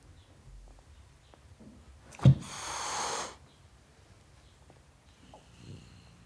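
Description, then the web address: Domestic cat hissing: one sharp, breathy burst of noise lasting about a second, with quiet background before and after. Male tom cat hissing at a dog. "The BBC Sound Effects Library - Complete 60 CDs Collection Sound Effects Library-44 (Cats) 51 Tom Cat Hissing At Dog"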